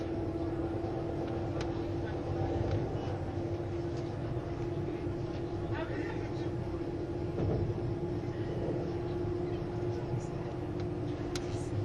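Onboard a Swiss ICN tilting train, the running noise is a steady, dense low rumble with a constant droning tone held throughout. Faint voices and brief clicks or knocks surface now and then, with a short thump near the middle.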